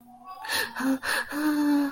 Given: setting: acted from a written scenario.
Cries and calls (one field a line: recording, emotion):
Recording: vocal sound without words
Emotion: fear